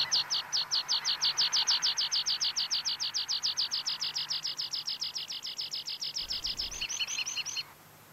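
Eurasian Rock Pipit song: a fast, steady series of sharp, high chipping notes, closing with a few buzzier, changed notes before it stops.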